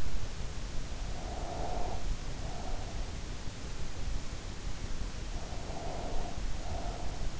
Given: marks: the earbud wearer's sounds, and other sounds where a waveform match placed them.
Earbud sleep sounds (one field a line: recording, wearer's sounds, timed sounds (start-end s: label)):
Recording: sounds in sleep by an in-ear microphone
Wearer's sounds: breath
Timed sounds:
0.89-3.23 s: breath
5.33-7.40 s: breath